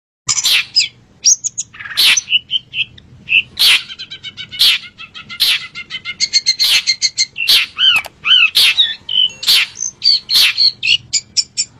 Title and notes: Kicau Burung Cendet